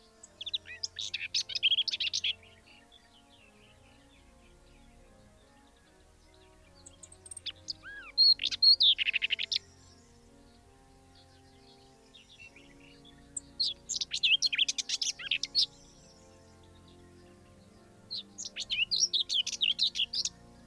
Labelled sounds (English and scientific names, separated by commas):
Common Whitethroat (Sylvia communis)